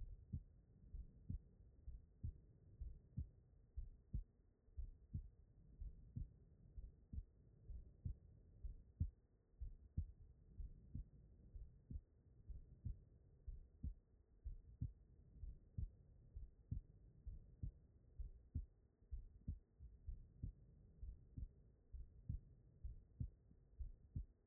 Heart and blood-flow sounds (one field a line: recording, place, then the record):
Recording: heart sounds by stethoscope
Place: pulmonary valve (PV)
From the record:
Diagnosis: non-HFrEF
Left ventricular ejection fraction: 64%